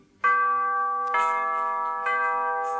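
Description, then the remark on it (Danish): Bells ring out in three bright, evenly spaced strikes about a second apart, each rich, sustained tone lingering and overlapping the next, with no voices. “Så snart der i huset blot kyssedes lidt, tog klokkerne fat af sig selv i med et.”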